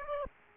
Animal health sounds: mosquito wingbeat signal from an infrared sensor; Aedes aegypti

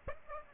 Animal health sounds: mosquito wingbeat signal from an infrared sensor; Aedes aegypti

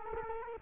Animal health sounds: mosquito wingbeat signal from an infrared sensor; Culex quinquefasciatus

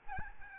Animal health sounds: mosquito wingbeat signal from an infrared sensor; Aedes albopictus

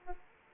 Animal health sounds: mosquito wingbeat signal from an infrared sensor; Aedes aegypti

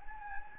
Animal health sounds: mosquito wingbeat signal from an infrared sensor; Anopheles gambiae

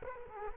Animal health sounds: mosquito wingbeat signal from an infrared sensor; Culex quinquefasciatus

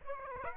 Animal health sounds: mosquito wingbeat signal from an infrared sensor; Aedes aegypti

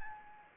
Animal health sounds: mosquito wingbeat signal from an infrared sensor; Anopheles gambiae

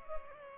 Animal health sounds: mosquito wingbeat signal from an infrared sensor; Culex pipiens

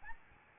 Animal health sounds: mosquito wingbeat signal from an infrared sensor; Aedes albopictus

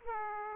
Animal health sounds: mosquito wingbeat signal from an infrared sensor; Aedes aegypti

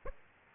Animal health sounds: mosquito wingbeat signal from an infrared sensor; Aedes aegypti

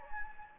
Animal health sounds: mosquito wingbeat signal from an infrared sensor; Anopheles gambiae

